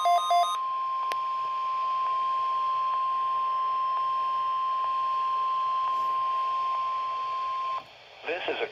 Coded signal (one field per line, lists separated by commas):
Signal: Emergency Alert System (SAME) tones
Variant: 1050 Hz attention tone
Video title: My first ever RWT from January 1, 2025 #weather #shorts #noaa #weatherradio #eas